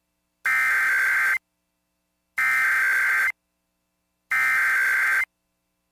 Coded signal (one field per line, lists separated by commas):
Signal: Emergency Alert System (SAME) tones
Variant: header bursts